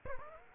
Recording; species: mosquito wingbeat signal from an infrared sensor; Aedes aegypti